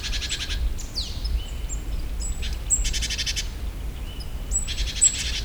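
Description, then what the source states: Great tit churring in rasping buzzy bursts mixed with thin high notes and a quick falling whistle. A low rumble runs underneath. In nature; another call type of the species.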